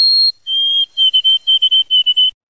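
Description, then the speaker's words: White-throated Sparrow song: a high pure whistle, a lower held whistle, then a three-note phrase repeated three times at a steady pitch. Male song, used to defend territory and attract mates; version with three-syllable repeated ending, said to sound like 'oh my sweet Canada, Canada, Canada', most popular in Canadian forests until 2000. "And until the year 2000, one particular song stood out as the most popular white throat tune in forests across Canada."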